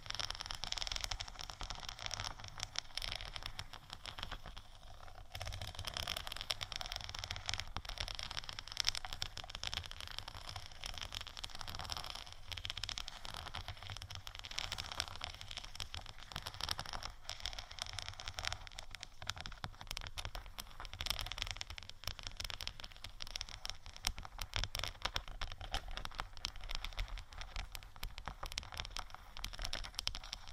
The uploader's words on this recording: ASMR Crystal Sticker Sheet Scratch & Tap（No Talking）.